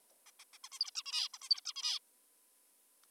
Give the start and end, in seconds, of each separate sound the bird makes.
0.26-0.31, 0.40-0.44, 0.54-0.58, 0.64-0.69, 0.72-0.79, 0.80-0.91, 0.95-1.03, 1.06-1.29, 1.34-1.38, 1.42-1.49, 1.50-1.61, 1.66-1.73, 1.76-1.99